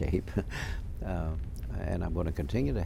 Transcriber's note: he laughs